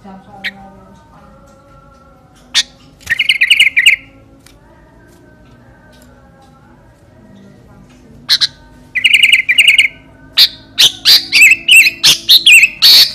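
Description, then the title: Sooty-headed bulbul song: mostly quiet at first, then short bursts of fast buzzy chipping, ending in a lively series of sharp repeated notes. Fierce-style ('gaya sangar') song, described as a 'thunder voice' ('suara halilintar'). "Kutilang Master Gaya Sangar Suara Halilintar"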